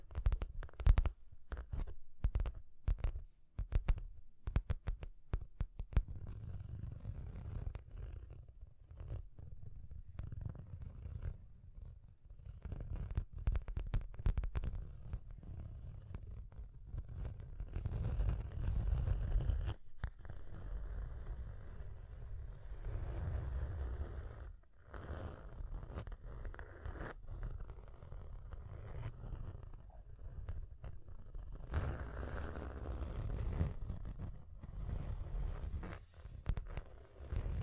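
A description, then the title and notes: Tapping and scratching, opening with a quick run of sharp taps over the first six seconds. After that, rough scraping and rubbing strokes take over, with a steady low rumble underneath and occasional louder, brighter scrapes near 20 and 33 seconds. Tapping and Scratching (No Talking).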